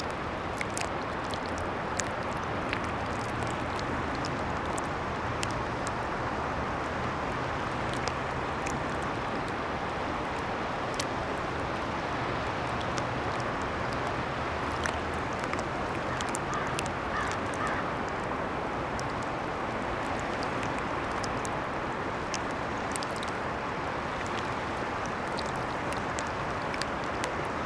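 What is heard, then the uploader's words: Water laps against ice, producing a dense, steady crackle of sharp little clicks and pops scattered all the way through. A low, uneven rumble hums underneath, fading in and out, while the overall level stays constant. Hidden Falls Regional Park, St. Paul, MN. The first is by the Mississipi; the crackling sound is water lapping ice.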